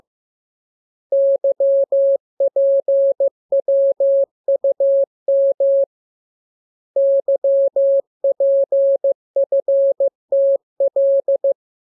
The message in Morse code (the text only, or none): YPWUM YPFTL